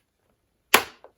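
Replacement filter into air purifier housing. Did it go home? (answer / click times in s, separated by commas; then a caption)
yes / 0.7 s. A cylindrical replacement filter, its plastic wrap removed, is popped back into an air purifier base and twisted until it locks. A sharp click at 0.7 s marks it seating, followed by a fainter tick at 1.0 s. The filter is seated.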